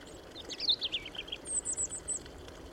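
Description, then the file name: European robin singing a brief phrase of falling, tinkling notes followed by a run of very high, thin chips, over continuous hiss. "Erithacus rubecula"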